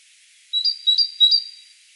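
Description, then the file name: Great tit voicing three brisk two-note phrases, each a lower note rising to a higher ringing one, evenly paced. "Parus major"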